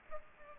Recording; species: mosquito wingbeat signal from an infrared sensor; Aedes aegypti